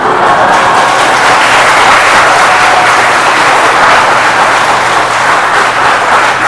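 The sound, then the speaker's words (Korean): An audience claps steadily and loudly, a dense wash of many hands that holds at an even level for several seconds without pause or voices. “박수 아무리 쳐도 노래 안 해.”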